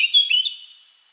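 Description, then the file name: Eurasian blackcap sound: a short burst of clear, high whistled notes that fades away. "Sylvia atricapilla"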